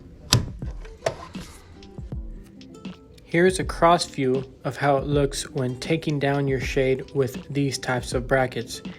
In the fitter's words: hear a click to know you did it correctly it should sounds similar to this